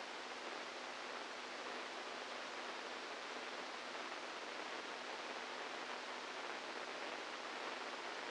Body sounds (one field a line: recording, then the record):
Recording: brain microelectrode recording played as sound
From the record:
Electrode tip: outside the subthalamic nucleus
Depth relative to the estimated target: -4 mm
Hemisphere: right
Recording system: NeuroSet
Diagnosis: Parkinson's disease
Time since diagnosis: 8 years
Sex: male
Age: 46 years